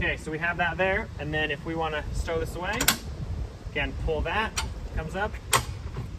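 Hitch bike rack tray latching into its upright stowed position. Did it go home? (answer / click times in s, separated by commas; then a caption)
yes / 5.5 s. A Thule T2 Pro XTR hitch bike rack tray is released with a pull of its handle and swung up into its upright stowed position while someone talks. It latches with a sharp click at 5.5 s, seating firmly in place.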